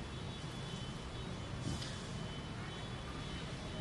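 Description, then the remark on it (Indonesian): A car engine runs outside with a steady, broad rumble and hiss, swelling briefly about halfway through before settling back to the same even drone. No one speaks. “itu mobilnya siapa tuh?”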